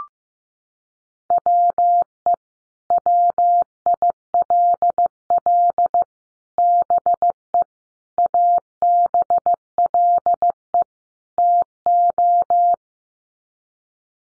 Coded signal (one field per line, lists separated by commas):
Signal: Morse code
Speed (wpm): 15 wpm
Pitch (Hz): 700 Hz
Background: none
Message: WE WILL BE ABLE TO